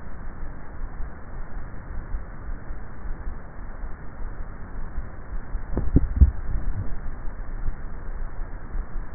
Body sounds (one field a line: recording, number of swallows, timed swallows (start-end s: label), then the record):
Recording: swallowing sounds by neck microphone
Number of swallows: 1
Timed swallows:
5.55-6.88 s: swallow
From the record:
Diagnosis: dysphagia